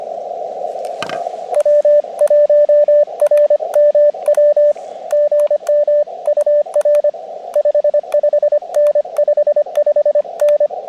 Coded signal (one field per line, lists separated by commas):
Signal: Morse code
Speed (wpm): 25 wpm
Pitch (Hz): 590 Hz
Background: radio noise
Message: W1RMW GM UR 55N 55N